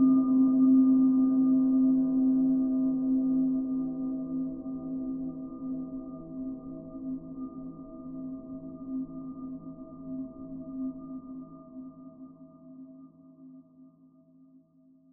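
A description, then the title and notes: A single struck tone from a Tibetan bowl rings low and steady, its strong hum around the middle slowly fading away over fifteen seconds. Tibetan Wooden Mallets for Meditation.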